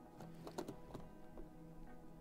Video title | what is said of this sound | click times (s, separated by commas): 🟣 $500 LIVE Gaming PC Build to Play Starfield! Ryzen 5 3600 + RX 5700XT | Cool. Click, click. That's what we want to hear. | 0.5 s, 0.6 s